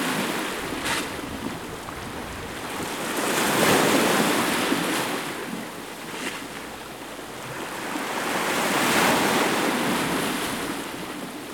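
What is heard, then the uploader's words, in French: Waves wash in at a calm shoreline on a Greek island, swelling around the fourth and ninth seconds and easing between. The hiss stays dense and steady underneath, with a few sharp splashes and a low rumble of wind across the microphone. An another beautiful morning. Plongée sonore au coeur de l'île d'Alonissos (Grèce). Enregistré en juin 2012.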